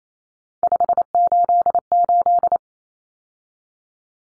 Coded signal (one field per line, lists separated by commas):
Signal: Morse code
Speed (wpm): 28 wpm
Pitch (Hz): 700 Hz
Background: none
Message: 588